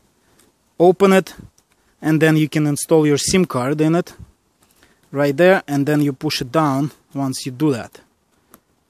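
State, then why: Seated. Someone talks while a SIM card is placed in the hinged metal SIM card holder clip in the SIM slot of a Blu R1 HD smartphone. The clip is pushed down and latches with a short, sharp tick at 8.5 seconds, locking in place.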